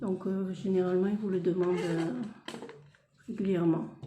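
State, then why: Seated. Someone talks while pressing the plastic battery pack into the body of a Potensic ATOM mini drone, because the app asks to confirm the battery is clipped in. A sharp click at 2.5 s is followed by two fainter ticks, then the talking resumes. The battery pack is seated.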